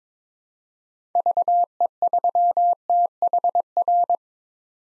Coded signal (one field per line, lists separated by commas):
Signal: Morse code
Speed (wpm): 22 wpm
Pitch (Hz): 700 Hz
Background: none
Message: VE3THR